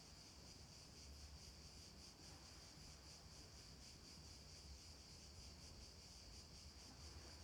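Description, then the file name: Cicada chorus as a constant high buzzing drone with quick regular pulses, over a low steady rumble. Cicadas at night. "Ambience Cicadas Night"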